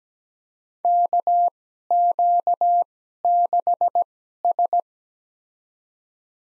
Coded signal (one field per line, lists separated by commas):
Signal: Morse code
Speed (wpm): 17 wpm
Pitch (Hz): 700 Hz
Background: none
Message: KQ6S